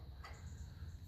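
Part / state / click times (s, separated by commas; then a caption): wiring clip or tie on the tractor wiring loom / seated / 0.2 s. While the battery feed cable and wiring are routed and tied in on a 1954 Ferguson 20 Diesel tractor, a wiring clip or tie is fitted onto the tractor's wiring loom. A short, sharp click sounds at 0.3 s over a steady low rumble, and the clip seats.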